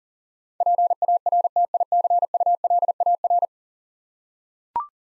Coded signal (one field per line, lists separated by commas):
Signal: Morse code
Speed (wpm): 40 wpm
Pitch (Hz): 700 Hz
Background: none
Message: PARTICULAR